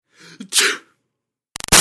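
An adult man sneezes in a big room: a brief breathy intake, then a sharp, bright burst of noise.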